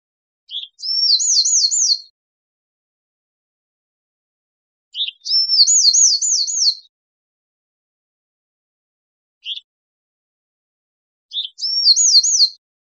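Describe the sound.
Bewick's wren singing a repeated phrase of a sharp opening note and a rapid wavering trill, three full songs plus one lone note over thirteen seconds.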